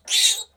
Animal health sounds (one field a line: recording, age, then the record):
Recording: pig call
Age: piglet (1 to 25 days)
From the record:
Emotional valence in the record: negative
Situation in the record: restrain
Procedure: back test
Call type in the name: high-frequency call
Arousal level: maximum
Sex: female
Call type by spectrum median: high-frequency call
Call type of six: high-frequency stable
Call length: 0.56 s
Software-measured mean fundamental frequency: 231 Hz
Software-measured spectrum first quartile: 3712 Hz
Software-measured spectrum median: 4883 Hz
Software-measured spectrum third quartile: 7462 Hz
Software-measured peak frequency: 3866 Hz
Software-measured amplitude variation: 204 dB a second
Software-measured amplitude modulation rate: 15.0 a second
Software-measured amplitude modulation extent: 13.5 dB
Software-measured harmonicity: 2.7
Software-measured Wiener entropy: -2.41